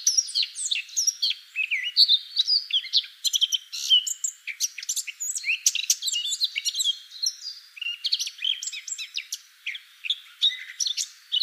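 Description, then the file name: Eurasian blackcap song, a fast varied warble of bright whistled notes and scratchy chirps, continuous with brief pauses over eleven seconds. "Sylvia atricapilla"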